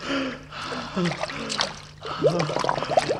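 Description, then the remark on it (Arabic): A fishing net, let go after it pulled too hard to haul in, splashes into sea water, followed by a few seconds of irregular sloshing and dribbling, with two louder bursts of splashing and a faint voice-like murmur underneath. “أديني سبتها راحت، الشبكة راحت في المية.”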